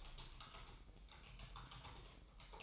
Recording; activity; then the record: daily activity, microphone in the room; typing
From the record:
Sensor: 1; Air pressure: 988.8 hPa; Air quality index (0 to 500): 204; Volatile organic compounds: 1000 ppm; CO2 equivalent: 5430 ppm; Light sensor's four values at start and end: 25/93/35/36 and 25/93/35/36